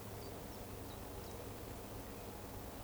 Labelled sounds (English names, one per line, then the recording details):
Eurasian Woodcock whistle
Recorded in Baden-Württemberg, Germany, on 24 June 2020 at 19:19 UTC
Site 14569, 102 m above sea level